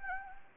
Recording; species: mosquito wingbeat signal from an infrared sensor; Anopheles gambiae